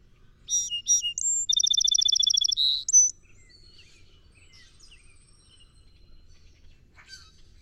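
Song sparrow gives one full song: paired buzzy notes, a whistle, a quick trill, a buzz and a short high note, followed by several seconds of quiet with faint chirps.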